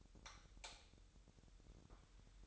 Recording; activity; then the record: daily activity, microphone in the room; light off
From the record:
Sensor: 3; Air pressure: 988.4 hPa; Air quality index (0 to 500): 190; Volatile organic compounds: 259 ppm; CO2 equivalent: 4383 ppm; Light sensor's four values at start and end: 11/28/11/11 and 8/19/8/8